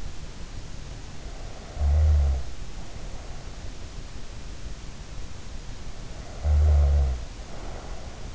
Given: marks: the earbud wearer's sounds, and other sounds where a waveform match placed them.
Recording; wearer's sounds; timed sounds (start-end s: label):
sounds in sleep by an in-ear microphone; snoring breath
1.21-3.67 s: snoring breath
6.01-8.35 s: snoring breath